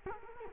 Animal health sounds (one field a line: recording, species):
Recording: mosquito wingbeat signal from an infrared sensor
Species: Culex quinquefasciatus